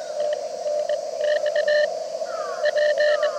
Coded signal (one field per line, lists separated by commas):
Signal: Morse code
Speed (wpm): 17 wpm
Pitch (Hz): 600 Hz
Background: radio noise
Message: TNX P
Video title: 秋の気配？ CQ POTA 公園から初心者CW 移動運用 18WPM まだまだ暑い 日中コンディション回復？ JA-1229 砧公園 2023/09/10 アマチュア無線 VLOG 319